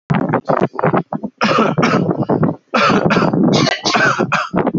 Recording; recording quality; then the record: heavy voluntary cough; moderate, slight background noise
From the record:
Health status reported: healthy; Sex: male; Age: 32 years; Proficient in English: yes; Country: Canada